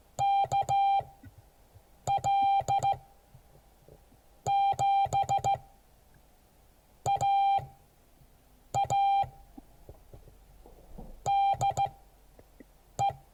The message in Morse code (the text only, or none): KL7AA DE